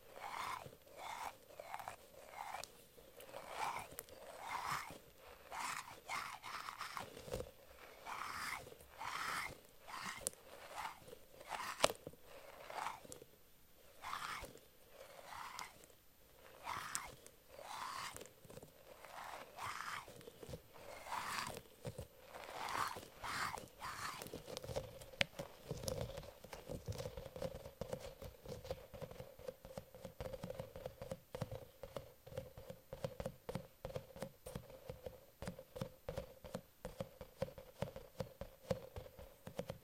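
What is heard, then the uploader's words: A squishy octopus toy and mermaid brushes are handled in a string of squelchy, crunchy squeezes and strokes, about one or two each second for the first twenty-five seconds. After that the sounds turn faster and denser, a crackling rustle over a faint steady hum. Relax with squishy octopus and mermaid brushes...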